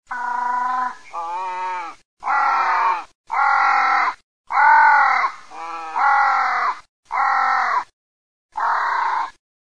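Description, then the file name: Crow cawing: several loud, harsh, drawn-out caws, some with wavering, groaning lower notes between them, in a quiet background. "CORNACCHIE"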